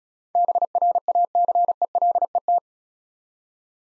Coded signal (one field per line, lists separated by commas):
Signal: Morse code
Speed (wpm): 35 wpm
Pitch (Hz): 700 Hz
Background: none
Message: BRACELET